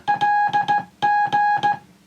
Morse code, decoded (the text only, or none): LG